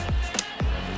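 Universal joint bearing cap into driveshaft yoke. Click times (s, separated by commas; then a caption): 0.4 s. The top of a new universal joint bearing cap is pushed into a driveshaft yoke and seats with a short, sharp snap at 0.4 s, after not going all the way in on the first try. A steady low hum runs throughout, with a softer knock around 0.6 s.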